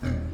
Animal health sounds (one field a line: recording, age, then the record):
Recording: pig call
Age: growing-finishing pig (85 days or more)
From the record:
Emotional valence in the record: positive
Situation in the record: enriched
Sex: female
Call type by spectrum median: low-frequency call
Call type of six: low-frequency stable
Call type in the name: low-frequency stable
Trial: 2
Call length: 0.34 s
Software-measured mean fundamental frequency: 72 Hz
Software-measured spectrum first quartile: 88 Hz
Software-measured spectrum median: 173 Hz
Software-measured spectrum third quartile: 409 Hz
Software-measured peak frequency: 94 Hz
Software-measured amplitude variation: 111 dB a second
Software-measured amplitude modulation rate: 28.3 a second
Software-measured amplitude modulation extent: 3.9 dB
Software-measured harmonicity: -3.2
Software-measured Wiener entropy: -0.56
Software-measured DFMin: 916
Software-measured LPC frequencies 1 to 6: 1504, 2139, 2986, 3950, 4916, 5369 Hz